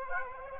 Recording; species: mosquito wingbeat signal from an infrared sensor; Aedes aegypti